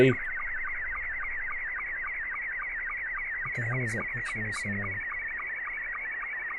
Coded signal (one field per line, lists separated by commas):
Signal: SSTV (slow-scan television)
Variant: Scottie 2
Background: speech